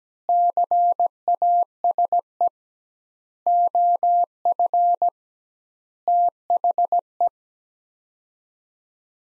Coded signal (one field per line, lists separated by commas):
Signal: Morse code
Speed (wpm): 17 wpm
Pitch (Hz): 700 Hz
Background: none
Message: CASE OF THE